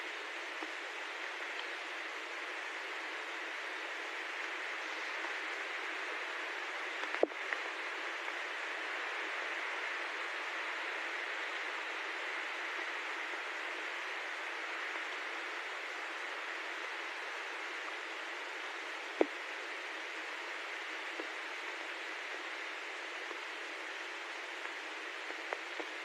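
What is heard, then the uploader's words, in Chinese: Steady, dense rain patters over a green field, an even hiss with no low rumble and almost no change in level. Two sharp clicks stand out, one near seven seconds and another around nineteen, with a few fainter ticks near the end. 雨嘀嘀嗒来。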